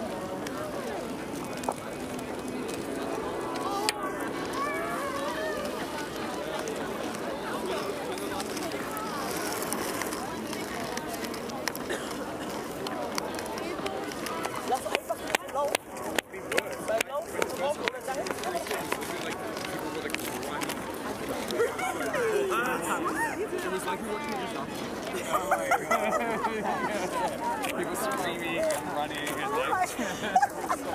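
Hundreds of people go about their activities on the Tempelhofer Freiheit in Berlin, a steady mix of overlapping voices and chatter throughout. The crowd murmur stays dense and even, with brief sharper sounds and small knocks around 15–18 seconds and again near 25 seconds.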